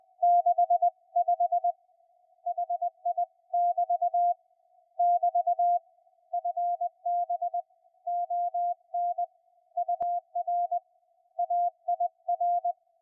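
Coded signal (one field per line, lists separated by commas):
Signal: Morse code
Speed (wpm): 20 wpm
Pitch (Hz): 700 Hz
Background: none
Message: 65 HI<BT> <BT> FB ON UR AIR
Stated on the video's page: CW on a SunSDR2 with noise reduction, noise blanker, audio peak filter and RF gain toggled on and off.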